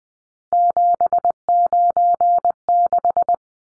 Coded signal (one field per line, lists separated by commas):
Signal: Morse code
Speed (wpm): 20 wpm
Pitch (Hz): 700 Hz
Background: none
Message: 796